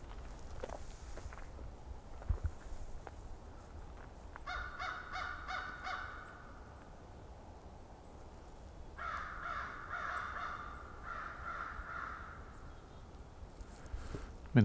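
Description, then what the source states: American crow cawing: a burst of several rasping caws, a pause, then two more groups of caws. American crows seeming to converse with each other in a fairly quiet camping area; Valens Conservation Area, Southern Ontario; January 1, 2021.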